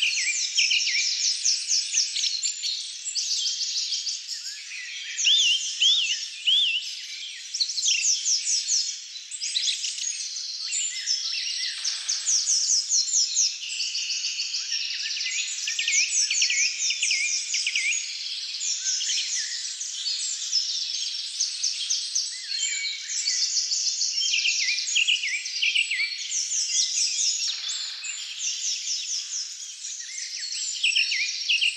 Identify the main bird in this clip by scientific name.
Turdus philomelos